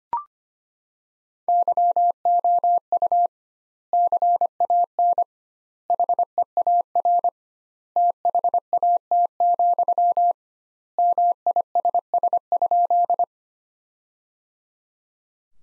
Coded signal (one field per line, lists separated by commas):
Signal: Morse code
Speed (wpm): 25 wpm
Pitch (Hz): 700 Hz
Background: none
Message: YOU CAN HEAR THAT, MISS?